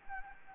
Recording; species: mosquito wingbeat signal from an infrared sensor; Anopheles gambiae